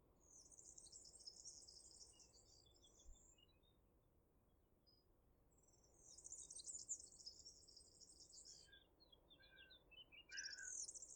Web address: ecoute de mon quartier serin cini